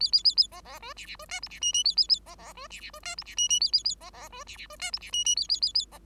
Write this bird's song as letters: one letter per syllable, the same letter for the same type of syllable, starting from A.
A A A A B B C D D C E F D G G A A A B B C D D C E F D G G A A A B B C D D C E F D G G A A A A B